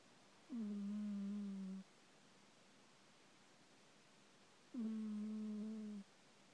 Listen carefully and you ll hear a cat snore like a little human.